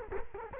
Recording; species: mosquito wingbeat signal from an infrared sensor; Culex quinquefasciatus